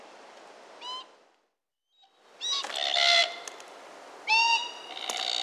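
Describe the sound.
Glossy black cockatoo giving drawn, harmonic wailing calls: one short note, then longer creaky calls in two bursts.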